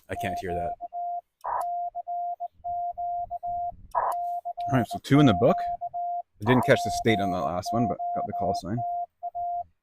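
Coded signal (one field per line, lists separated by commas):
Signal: Morse code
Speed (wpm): 19 wpm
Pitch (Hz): 700 Hz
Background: speech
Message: Q CQ CQ POTA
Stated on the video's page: CW Parks on the Air activation by a CW newbie: Yaesu FT-891, 17-foot telescoping whip, 50 watts on 20 metres, rain later.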